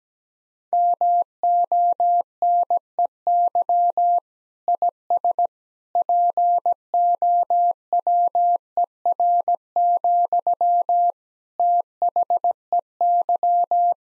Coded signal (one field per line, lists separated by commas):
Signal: Morse code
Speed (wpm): 17 wpm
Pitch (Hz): 700 Hz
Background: none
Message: MONEY IS POWER, THEY